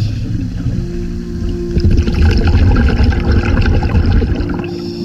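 Muffled underwater ambience during a dive in a bay where seagrass is being planted: a steady low drone with humming engine-like tones, joined after a couple of seconds by a thicker wash of bubbling and gurgling water that stays fairly loud.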